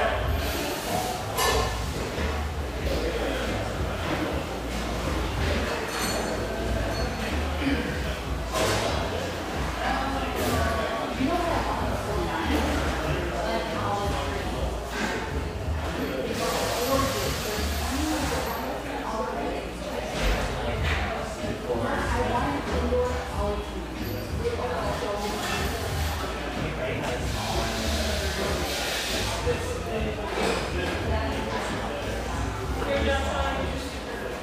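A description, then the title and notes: Steady overlapping chatter fills a sunlit coffeehouse, with occasional cup and dish clinks and hissy bursts, a busy indoor murmur throughout. Laguna Beach, California. The coffee rush fades to a mid-morning lull in this sunlight coffeehouse, tucked behind a bakery near this coastal California paradise.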